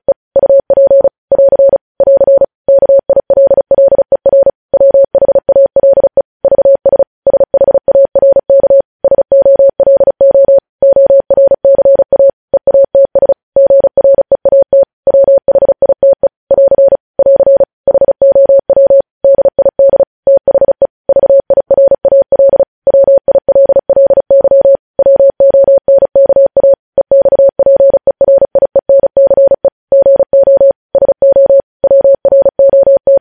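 Morse code sounded as a single steady mid-pitched tone switching on and off in quick, regular dots and dashes for the whole half minute. The keying is clean, with brief silent gaps between groups and no other sounds behind it.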